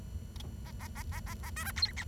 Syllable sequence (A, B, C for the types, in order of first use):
A A A A A A B C D E